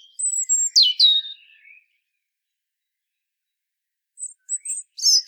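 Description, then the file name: European robin delivering a short high phrase of sliding whistled notes, a few seconds of quiet, then the start of another high, thin phrase. "Erithacus rubecula"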